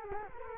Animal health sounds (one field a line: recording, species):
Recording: mosquito wingbeat signal from an infrared sensor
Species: Culex quinquefasciatus